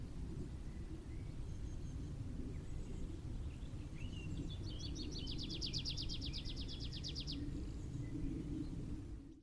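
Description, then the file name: Tree pipit song: a few soft scattered notes, then a rapid high trill of repeated notes, with constant low background rumble. "Prispolone"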